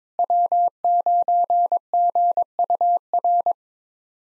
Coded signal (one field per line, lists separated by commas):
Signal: Morse code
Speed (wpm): 22 wpm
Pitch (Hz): 700 Hz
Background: none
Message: W9GUR